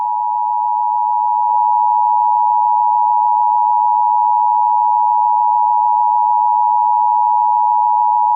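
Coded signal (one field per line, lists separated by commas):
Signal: Emergency Alert System (SAME) tones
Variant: 853 and 960 Hz attention tone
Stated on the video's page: Fictional EAS mock scenario using valid EAS tones.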